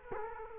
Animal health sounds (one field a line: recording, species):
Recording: mosquito wingbeat signal from an infrared sensor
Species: Culex quinquefasciatus